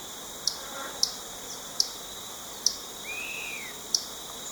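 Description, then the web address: Common tody-flycatcher giving five clear, high clicking ticks at irregular intervals, with one brief arched whistle and a constant high background hum. Recorded in Ecuador. "S America Birds of Ecuador. Common Tody-Flycatcher"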